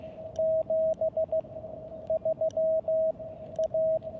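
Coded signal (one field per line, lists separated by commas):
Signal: Morse code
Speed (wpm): 15 wpm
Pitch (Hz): 640 Hz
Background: radio noise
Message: 73 A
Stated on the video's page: Park activation at a state recreation area, mostly socializing.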